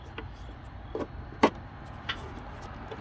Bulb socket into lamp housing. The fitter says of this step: lock it in place